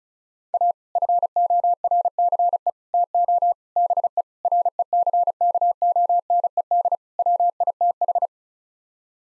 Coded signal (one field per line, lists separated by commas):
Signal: Morse code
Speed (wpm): 36 wpm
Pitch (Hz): 700 Hz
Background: none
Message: A FORCE TO BE RECKONED WITH